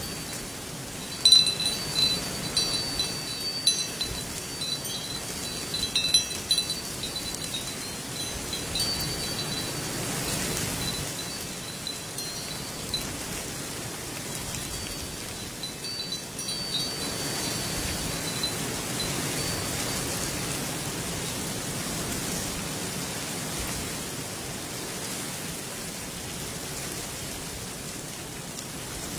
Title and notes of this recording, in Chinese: 竹林间的风铃声。大自然的风声 舒适的风铃声